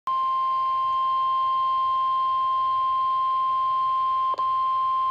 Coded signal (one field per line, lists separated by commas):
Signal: Emergency Alert System (SAME) tones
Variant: 1050 Hz attention tone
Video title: NOAA Weather Radio - Severe Thunderstorm Warning [EAS #112] (3/31/22)